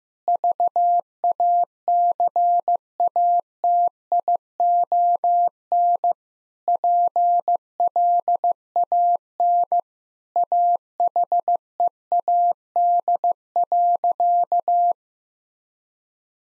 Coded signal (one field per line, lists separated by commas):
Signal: Morse code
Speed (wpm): 15 wpm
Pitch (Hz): 700 Hz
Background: none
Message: VACATION PLAN AHEAD.